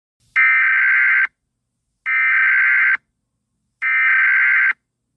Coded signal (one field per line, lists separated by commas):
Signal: Emergency Alert System (SAME) tones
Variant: header bursts